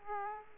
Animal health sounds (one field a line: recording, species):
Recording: mosquito wingbeat signal from an infrared sensor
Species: Aedes aegypti